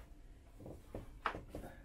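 A plastic rear pressure-relief vent on a Ford Focus is pushed back into its opening in the body panel behind the rear bumper while sealing the rear vents against a water leak in the boot. A few soft taps come before and after a sharp, bright click at 1.3 s. The vent clicks in and is seated.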